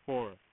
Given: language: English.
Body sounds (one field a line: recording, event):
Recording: throat vibration sensor signal played as sound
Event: speech